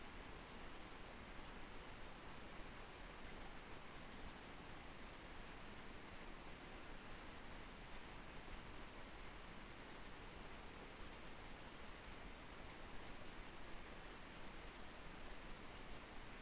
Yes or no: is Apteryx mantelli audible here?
no